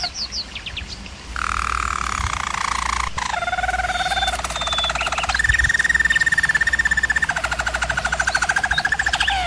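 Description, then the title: German Roller canary song moving through several tours: short slurred notes, a deep hollow roll, a lower buzzing roll, then a bright fast trill held to the end. German Roller canary singing, for canary training. "German Roller Canary Singing - Canary Training Vid"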